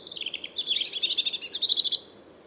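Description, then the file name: European robin song phrase: high thin notes sliding into a rapid trill of sharp tinkling notes, lasting about two seconds. "Erithacus rubecula"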